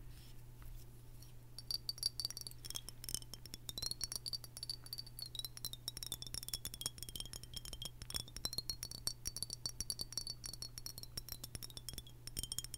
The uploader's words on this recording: ASMR Nothing But Glass (glass tapping for sleep).